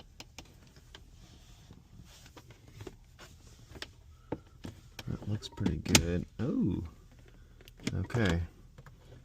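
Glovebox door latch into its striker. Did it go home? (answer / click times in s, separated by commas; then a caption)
no / none. Someone handles the repaired glovebox door of a DeLorean, fitted with a new latch (the old one never held), near its striker, with scattered light ticks and taps while someone talks. Nothing has seated or clicked into place yet; the clip ends just before the latch catches.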